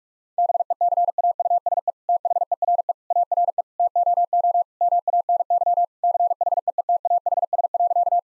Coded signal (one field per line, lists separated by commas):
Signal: Morse code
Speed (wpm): 41 wpm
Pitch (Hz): 700 Hz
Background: none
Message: BECAUSE THERE ARE TOO MANY CHEETAHS.